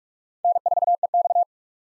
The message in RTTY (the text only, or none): none